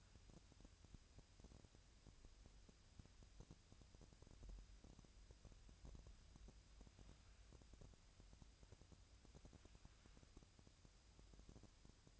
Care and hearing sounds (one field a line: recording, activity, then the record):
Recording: daily activity, microphone in the room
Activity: wipe stove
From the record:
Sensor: 2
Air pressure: 1003.1 hPa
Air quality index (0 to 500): 200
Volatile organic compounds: 6 ppm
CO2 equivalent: 1900 ppm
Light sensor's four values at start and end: 9/21/9/10 and 9/22/9/10